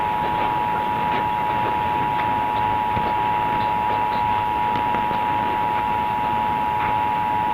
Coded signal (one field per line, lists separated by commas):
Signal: Emergency Alert System (SAME) tones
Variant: 853 and 960 Hz attention tone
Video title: Capital District, NY RMT on WGY (10/5/21)(EAS 941)